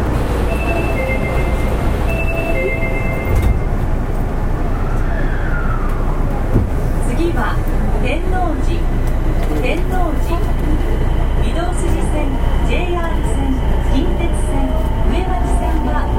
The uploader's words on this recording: 大阪市営地下鉄 30000系 谷町線 谷町４丁目から八尾南まで. 大阪市交通局 30000系電車の走行音です。 谷町線で録音しました。 It is a running sound of the Osaka city subway 30000 series train.